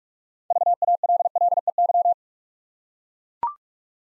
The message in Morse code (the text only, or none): VALLEY